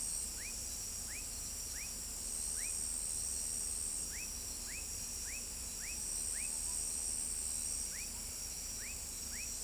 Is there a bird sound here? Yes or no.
no